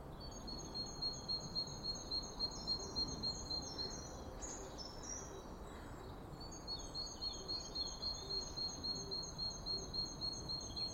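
Bird song: a rapid, even series of high pulsed notes repeated throughout, with a short break in the middle.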